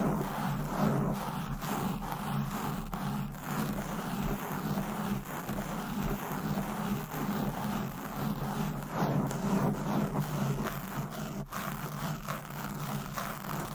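Fast, aggressive scratching on microphones with covers and nails makes a dense, continuous rasp with no pauses. The texture stays busy and even throughout, with a heavy low rumble underneath and brighter scratchy detail on top, marked by occasional sharper clicks.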